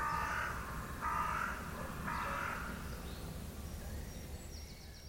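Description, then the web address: Bird giving three hoarse, harsh calls about a second apart, over a steady low rumble. "Deverinetal 2025 File origin Bird Only"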